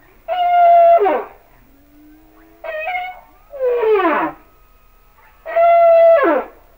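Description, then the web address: Humpback whale song: three rich harmonic cries that drop steeply at their ends, with a brief upswept note and a soft low tone between. "Natures Songs Whale Songs Sounds of Nature - Humpback Whales"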